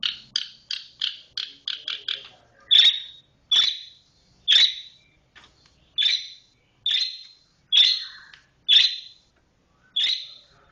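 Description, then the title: Oriental magpie-robin giving a quick run of sharp chirps, then slower, clear, emphatic high notes spaced about a second apart. "Kicau Kacer"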